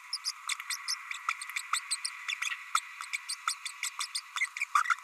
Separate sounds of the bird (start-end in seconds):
0.13-0.17, 0.24-0.31, 0.49-0.54, 0.69-0.76, 0.88-0.95, 1.28-1.33, 1.56-1.61, 1.73-1.79, 1.91-1.96, 2.28-2.34, 2.42-2.49, 2.74-2.80, 3.13-3.17, 3.29-3.35, 3.47-3.55, 3.83-3.90, 4.00-4.06, 4.14-4.20, 4.36-4.47, 4.56-4.64, 4.75-4.83